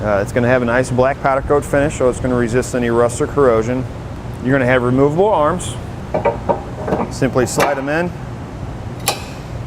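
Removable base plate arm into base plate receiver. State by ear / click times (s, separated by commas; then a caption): seated / 9.1 s. Someone talks about a black powder-coated Roadmaster Direct-Connect base plate on a 2016 Mini Countryman while a removable steel tow arm is slid into the base plate receiver and twisted. A single sharp click at 9.1 s marks the arm locking into place, confirming it has seated.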